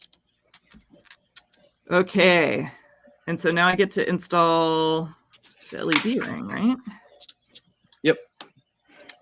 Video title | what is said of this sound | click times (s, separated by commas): Solder Sesh #59 - Hot Air Society | that should click into place | 9.1 s